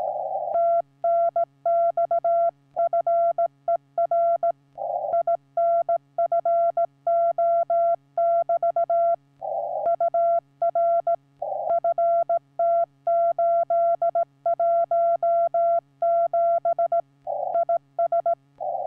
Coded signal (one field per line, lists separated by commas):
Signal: Morse code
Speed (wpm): 16 wpm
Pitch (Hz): 680 Hz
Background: none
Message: TNX FER INFO <BT> UR FT817 IS